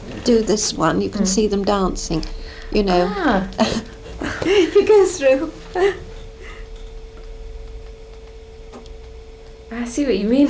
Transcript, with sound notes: do this one, you can see them dancing, you know.
A-ah!
[laughs] You go through.
Ah, I see what you mean.